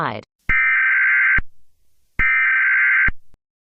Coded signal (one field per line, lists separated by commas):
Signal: Emergency Alert System (SAME) tones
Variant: header bursts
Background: speech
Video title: EAS scenario: Monika